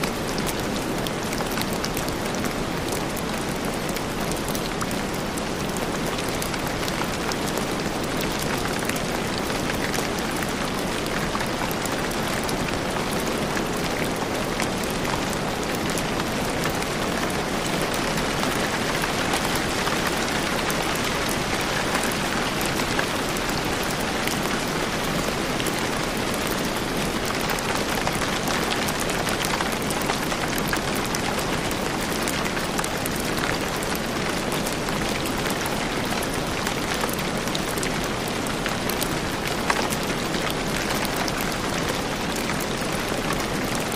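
Steady, heavy rain pours without a break, a dense hiss spread evenly from low to bright tones. Countless small drops patter on a surface, with faint low rumbling beneath. The level stays constant throughout the whole stretch.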